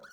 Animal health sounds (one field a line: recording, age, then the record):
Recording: pig call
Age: piglet (1 to 25 days)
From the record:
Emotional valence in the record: negative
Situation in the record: long isolation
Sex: male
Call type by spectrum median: low-frequency call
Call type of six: low-frequency tonal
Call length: 0.13 s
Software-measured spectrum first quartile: 1122 Hz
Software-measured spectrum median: 1512 Hz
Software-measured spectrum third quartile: 3838 Hz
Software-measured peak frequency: 1443 Hz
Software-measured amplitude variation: 132 dB a second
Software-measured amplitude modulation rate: 18.8 a second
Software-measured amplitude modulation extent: 7.1 dB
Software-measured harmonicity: 7.6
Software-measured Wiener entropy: -3.58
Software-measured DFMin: 947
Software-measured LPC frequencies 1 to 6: 598, 1420, 3222, 4362, 5641, 6690 Hz